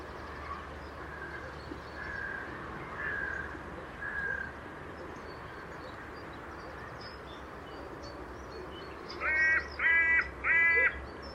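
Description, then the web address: Bird calls: three harsh, harmonic calls in quick succession near the end, with a few fainter calls earlier over steady low rumbling background noise. "cianscape. Deverinetal 2025. Bird Only"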